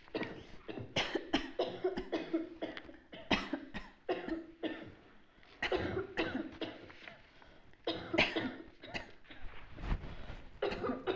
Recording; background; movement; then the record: voluntary coughing; a bystander coughing; sitting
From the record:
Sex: female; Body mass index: 25.5 kg/m2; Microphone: on the chest, facing the body